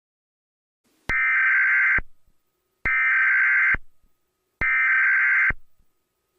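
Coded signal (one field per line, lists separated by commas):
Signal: Emergency Alert System (SAME) tones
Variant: header bursts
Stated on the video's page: Fictional EAS scenario about an eclipse.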